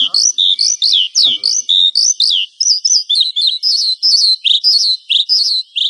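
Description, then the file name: Horsfield's bush lark singing a busy medley of high whistled slurs and chirps, some notes rising, others falling, with a couple of faint low knocks in the first one and a half seconds. "suara burung branjangan"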